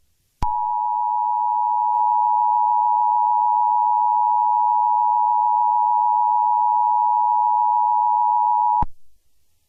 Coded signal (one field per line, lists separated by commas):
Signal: Emergency Alert System (SAME) tones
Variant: 853 and 960 Hz attention tone